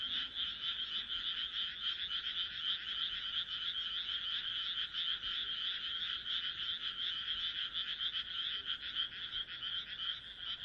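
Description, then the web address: Frogs croaking together, a constant buzzing rattle of fast repeated pulses that never breaks. "kaeru kaeru"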